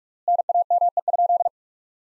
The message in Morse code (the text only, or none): NAME?